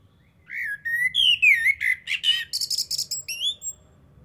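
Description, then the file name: Eurasian blackbird song: one long phrase of low, flowing whistles that shifts into a rapid series of thin, high squeaky notes. "Turdus merula"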